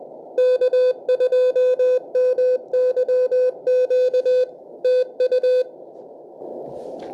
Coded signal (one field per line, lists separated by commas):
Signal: Morse code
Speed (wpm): 20 wpm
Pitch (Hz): 500 Hz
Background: none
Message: K2MYQ TU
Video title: Getting Started with DSP 2.4 Software Defined Radio and Unboxing.